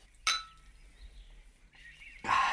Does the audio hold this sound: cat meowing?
no